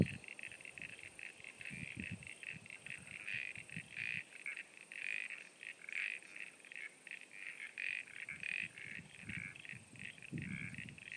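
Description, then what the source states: Frogs calling in a chorus of short pulsed calls in repeated bursts, with occasional low rumbling beneath. Frogs at Sunny Corner.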